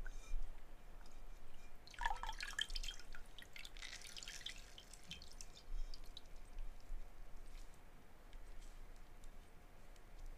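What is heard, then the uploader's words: Water is being played with, with a burst of splashing and dripping at about two seconds and another bright, trickling patch around four to five seconds. Between them it is quiet apart from a low steady hum and faint noise. In this podcast we play around with water!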